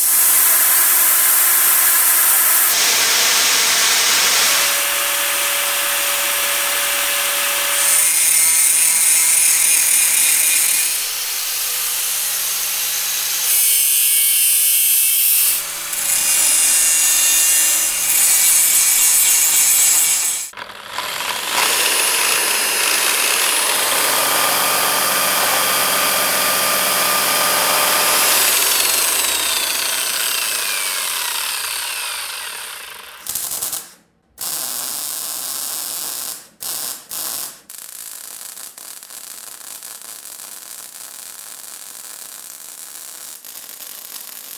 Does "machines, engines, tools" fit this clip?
yes